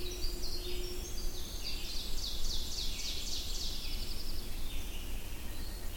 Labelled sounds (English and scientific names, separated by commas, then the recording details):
Ovenbird (Seiurus aurocapilla) song
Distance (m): 60 m
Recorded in boreal forest in Alberta, Canada, on 22 June 2016 at 05:35
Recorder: SongMeter 3, array SBT-6-76
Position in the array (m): 150 m, 110 m
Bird 3